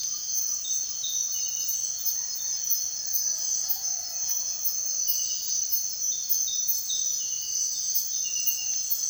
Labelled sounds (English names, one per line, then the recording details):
none
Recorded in secondary vegetation near Puerto Asís, Putumayo, Colombia, on 24 June 2025 at 05:30
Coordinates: 0.498, -76.327
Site GP09